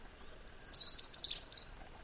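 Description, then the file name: European robin song fragment: a short, thin, warbling run of very high tinkling notes over faint background hiss. "Erithacus rubecula"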